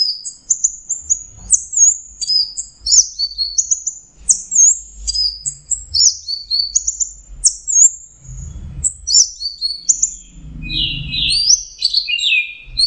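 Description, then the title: Orange-headed thrush song: a continuous stream of very high, quick chirps, trills and slurred notes, with faint low rumbles beneath. Orange-headed thrush song in the 'teler' style, made as a masteran training recording for songbirds. "Anis Kembang. Suara Burung Anis Merah Teler"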